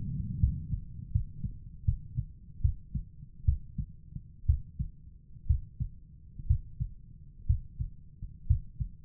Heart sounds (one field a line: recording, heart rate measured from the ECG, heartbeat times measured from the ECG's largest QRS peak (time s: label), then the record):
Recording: heart sounds by stethoscope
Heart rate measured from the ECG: 67 bpm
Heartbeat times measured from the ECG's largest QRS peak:
0.40 s: heartbeat
1.12 s: heartbeat
1.85 s: heartbeat
2.61 s: heartbeat
3.45 s: heartbeat
4.46 s: heartbeat
5.47 s: heartbeat
6.47 s: heartbeat
7.46 s: heartbeat
8.47 s: heartbeat
From the record:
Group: healthy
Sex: male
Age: 35 years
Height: 178 cm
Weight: 64 kg